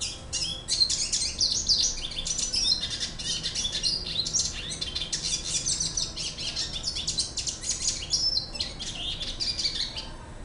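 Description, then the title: Red siskin song, a dense run of sharp, high chirps and scratchy buzzing trills pouring out almost without a break before easing off. "Pavanegra. cardenalito cantando"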